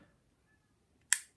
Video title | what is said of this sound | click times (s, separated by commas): Review: Petzl Spatha Climbing Knife Emergency/Rope | it clicks in so now at one lock so it is no danger but just clothing on your hands when you're holding it and | 1.1 s